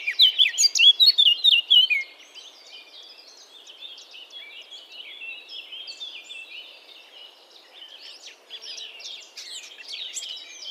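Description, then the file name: Eurasian blackcap warbling: bright, quick fluty phrases at the start, followed by a long, quieter, chattering warble with scattered sharp notes. "Sylvia atricapilla"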